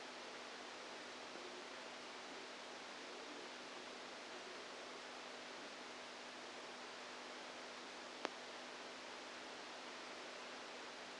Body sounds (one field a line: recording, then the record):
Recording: brain microelectrode recording played as sound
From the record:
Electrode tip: outside the subthalamic nucleus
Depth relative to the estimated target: -10 mm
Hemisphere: right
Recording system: NeuroSet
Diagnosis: Parkinson's disease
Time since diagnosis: 7 years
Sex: female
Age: 68 years